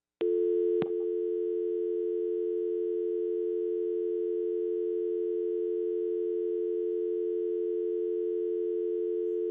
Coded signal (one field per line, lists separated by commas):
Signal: telephone call progress tone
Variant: North America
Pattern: dial tone